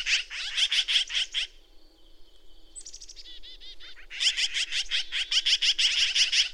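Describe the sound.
Bird song of fast, harsh repeated notes in long bursts, broken by a short pause with softer thin notes before the rapid series resumes.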